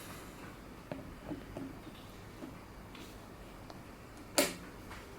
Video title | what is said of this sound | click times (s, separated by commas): Quad Lock Motorcycle Handlebar Mount and Case Review | it locks into place | 4.4 s